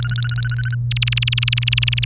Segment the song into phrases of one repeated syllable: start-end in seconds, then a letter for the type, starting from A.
0.00-0.75 A, 0.91-2.05 B